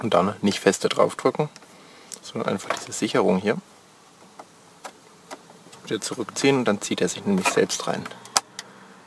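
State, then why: Seated. A plastic multi-pin connector is refitted into the back of a VW Golf 4 instrument cluster. It is drawn in by its locking slide and then pressed so it snaps onto its barb and latches. Someone talks throughout, with small taps at about 4.4 and 4.9 seconds and sharp clicks at 8.4 and 8.6 seconds as the connector latches home.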